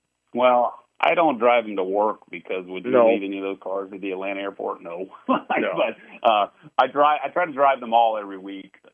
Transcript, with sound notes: Well, I don't drive them to work because-
No.
... would you leave any of those cars at the Atlanta airport? No. (laughs)
No.
But, uh, I dri- I try to drive them all every week,